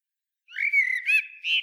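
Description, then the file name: Common blackbird calling with a level whistled note, a short rougher burst, and a final slightly higher note. "Turdus merula"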